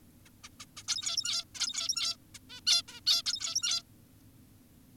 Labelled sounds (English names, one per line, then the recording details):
Zebra Finch
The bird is an adult
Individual g17y2U